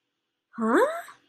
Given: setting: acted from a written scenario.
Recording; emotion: vocal sound without words; confusion